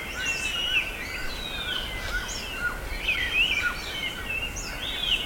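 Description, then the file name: Bird calls in an overlapping chorus of high slurred whistles and chirps, rising and falling, over a steady background hiss. "SABIOD 50 bird 2015"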